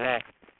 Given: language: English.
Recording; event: throat vibration sensor signal played as sound; speech